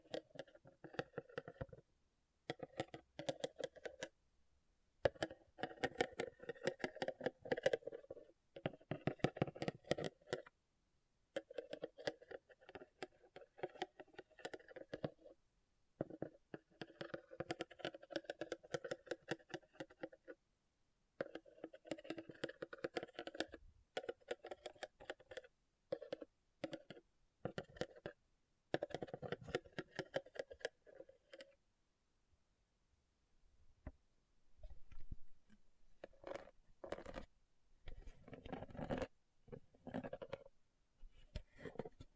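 Rhinestone tapping and scratching: dense, rapid clicks and taps come in busy bursts of several seconds, separated by short silences. The sound is crisp with a mid-range body. After about 32 seconds it turns sparser, with scattered, sharper taps.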